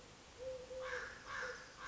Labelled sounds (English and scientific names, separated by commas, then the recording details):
Eurasian Collared Dove (Streptopelia decaocto)
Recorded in Sonoma County, California